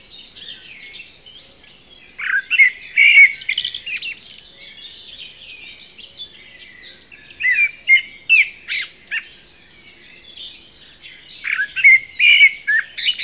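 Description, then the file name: Common blackbird singing short warbled phrases ending in high twitters, three bursts about every four to five seconds, over a steady background chorus of other birds. "Turdus merula"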